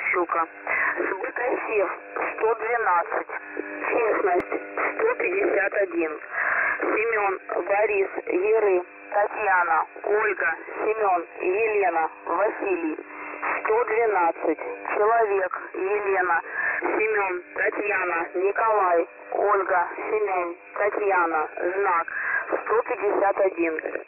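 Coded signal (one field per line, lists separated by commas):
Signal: coded military voice message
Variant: The Pip, Russian voice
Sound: a male voice reading a message over a narrow, tinny shortwave channel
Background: radio static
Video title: The Pip voice message (December 15, 2020 07:36 UTC)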